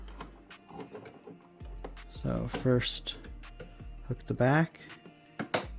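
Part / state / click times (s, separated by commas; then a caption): plastic snag-cutter assembly onto filament feeder unit / seated / 5.5 s. A plastic snag-cutter assembly is hooked around the back of a printer's filament feeder unit and then pushed down on top while someone talks over background music with light tapping sounds. A strong, sharp snap at 5.5 s marks the assembly seating in place on the feeder.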